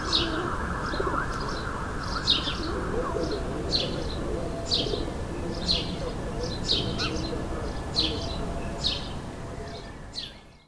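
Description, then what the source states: Sparrow chirps repeated about once a second, bright short notes over a steady low hum that fades at the end. Several sparrows, suburban ambient, May 2022.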